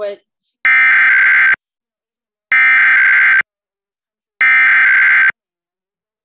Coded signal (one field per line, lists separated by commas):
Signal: Emergency Alert System (SAME) tones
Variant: header bursts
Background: speech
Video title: Required Monthly Test on NJTV (EAS #553)